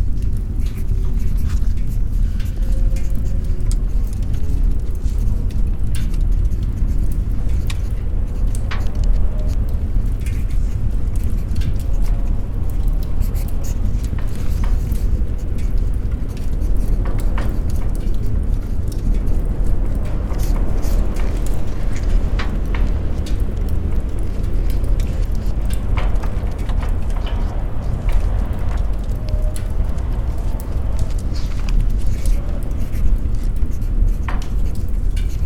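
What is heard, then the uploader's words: A medieval library ambience: a steady, deep rumble fills the room throughout, with faint murmuring voices underneath. Small knocks, taps and creaks pop up irregularly every second or two, some sounding like hooves or footsteps. MEDIEVAL LIBRARY • Copy Like a Medieval Monk.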